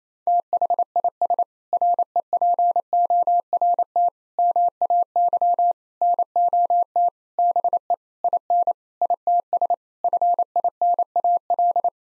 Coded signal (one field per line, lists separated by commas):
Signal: Morse code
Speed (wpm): 28 wpm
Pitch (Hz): 700 Hz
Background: none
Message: THIS REPORT MAY NOT BE IN ITS FINAL